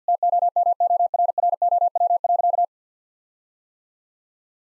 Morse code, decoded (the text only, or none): TOMORROW.